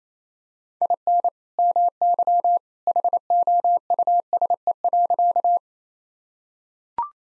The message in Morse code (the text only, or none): IN MY HOUSE.